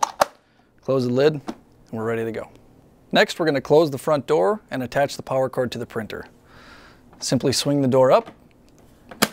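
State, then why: Seated. A printer's front door is swung up and closed onto a FARGO HDP6600 printer while someone talks. Two sharp knocks come at the start, and the door latches shut with a click at 9.2 s.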